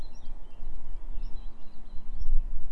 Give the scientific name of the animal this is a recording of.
Sylvia atricapilla